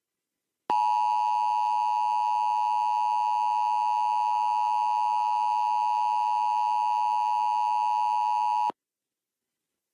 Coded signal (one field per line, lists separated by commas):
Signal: Emergency Alert System (SAME) tones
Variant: 853 and 960 Hz attention tone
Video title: Emergency Alert during Splash and Bubbles KOPB 10.1